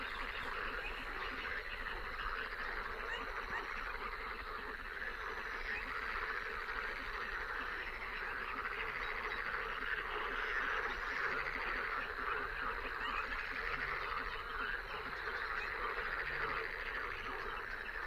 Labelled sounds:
Little Crake call

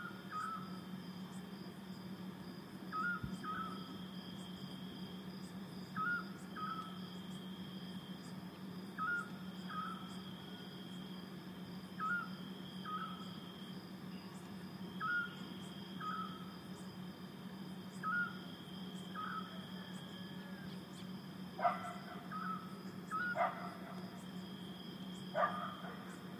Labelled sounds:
Eurasian Scops Owl

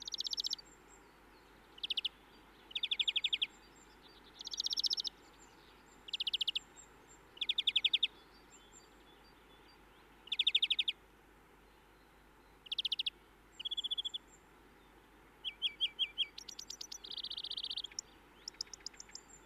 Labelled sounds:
European Greenfinch song

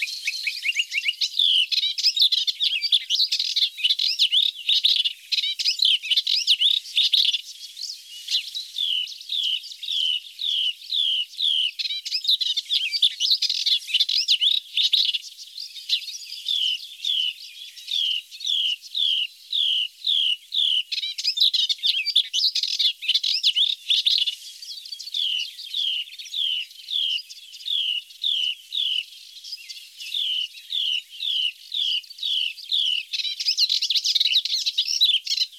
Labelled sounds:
Melodious Warbler song

